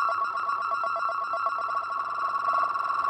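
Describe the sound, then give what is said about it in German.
A digitized brain wave of a healthy person rendered as sound: a steady electronic tone around a high pitch, with faint rapid regular pulsing beneath it and stacked harmonics, continuous and moderately loud, no voices. “Hier die Welle des Gesunden.”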